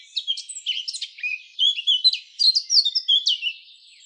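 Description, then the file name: Eurasian blackcap singing a fast, varied warble of high chirps and short whistled notes. "Sylvia atricapilla"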